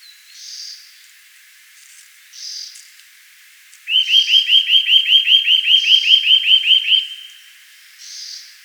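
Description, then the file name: Eurasian nuthatch giving a quick, even series of upswept piping notes lasting about three seconds. "Sitta europaea"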